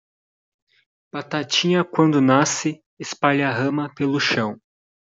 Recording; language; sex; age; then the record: short text; Brazilian Portuguese; male; 20 to 29 years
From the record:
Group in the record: control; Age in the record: 22 years